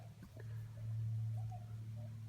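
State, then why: Not seated. A fuel injector is turned and lined up on the fuel rail or intake before being pushed home; nothing has seated or clicked yet. A steady low hum runs throughout, with only a faint brief knock at about 0.4 seconds.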